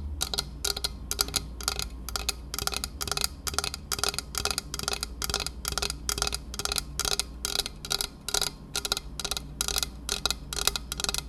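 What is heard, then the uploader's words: Tapping on dark objects: crisp, bright taps land in a quick, fairly even rhythm, about three or four per second, with some falling in close pairs. The pace holds steady throughout, over a constant low hum underneath. ASMR TAPPING on Dark things 黒いものにタッピング.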